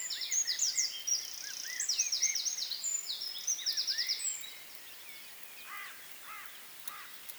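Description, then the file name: Eurasian wren song of rapid high trills for about four seconds, then separate lower, swooping notes from another bird. "Troglodytes troglodytes"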